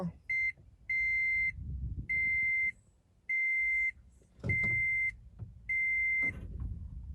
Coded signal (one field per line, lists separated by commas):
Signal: none